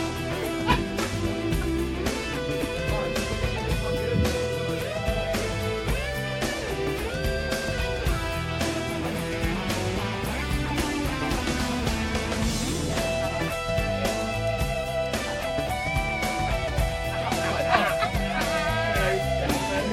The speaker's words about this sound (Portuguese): Nesse momento, uma trilha de 10 segundos que a gente vai fazer uma foto aqui rápida. Atenção, WhatsApp. Olha, ouve aí que bonito esse instrumental, olha.